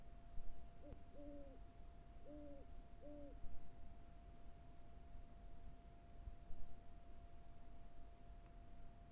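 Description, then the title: Owl hoots: four rounded notes in the first few seconds, the second drawn out longer, then only quiet rumble and a steady faint hum. Recorded on the Carrizo Plain. "neoscenes: Carrizo Plains owl"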